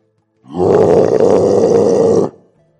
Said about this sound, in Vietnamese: Một tiếng gầm lớn vang lên, đằng thú cầm hắc diễm cung dán mắt vào người vừa tới.